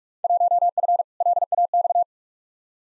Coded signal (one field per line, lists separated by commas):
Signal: Morse code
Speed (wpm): 43 wpm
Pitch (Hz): 700 Hz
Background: none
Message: 1F LAX